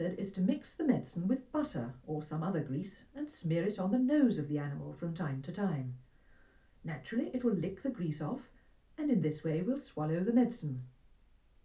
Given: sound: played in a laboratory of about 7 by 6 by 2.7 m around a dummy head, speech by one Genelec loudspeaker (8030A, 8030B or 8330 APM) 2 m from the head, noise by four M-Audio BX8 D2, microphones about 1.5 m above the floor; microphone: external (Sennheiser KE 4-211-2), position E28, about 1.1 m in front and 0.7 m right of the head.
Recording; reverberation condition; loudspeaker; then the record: female speech in English; low; 150 degrees to the right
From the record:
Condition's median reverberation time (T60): about 310 ms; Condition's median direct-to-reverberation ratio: about 3.5 dB